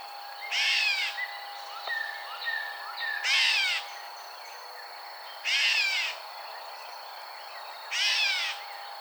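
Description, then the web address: Gray catbird giving harsh, buzzy, falling phrases about every two and a half seconds, with quieter chattering notes in the gaps and a constant tonal hum behind. Recorded 21 June 2007. "Gray Catbird 2007 06 21"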